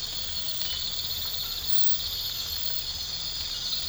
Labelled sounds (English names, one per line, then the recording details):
none
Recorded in pastures near Puerto Asís, Putumayo, Colombia, on 8 March 2025 at 04:30
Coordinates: 0.472, -76.329
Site G074